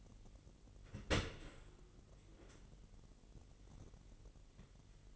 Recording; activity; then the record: daily activity, microphone in the room; open dishwasher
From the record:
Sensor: 4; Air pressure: 999.1 hPa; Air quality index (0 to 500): 122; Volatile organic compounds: 2 ppm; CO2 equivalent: 1196 ppm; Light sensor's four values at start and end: 8/18/7/8 and 7/18/7/8